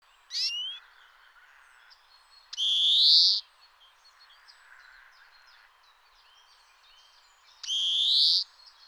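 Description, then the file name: European greenfinch calls: a short chirp, then two long, nasal, buzzy wheezes rising in pitch, about five seconds apart. "Chloris chloris"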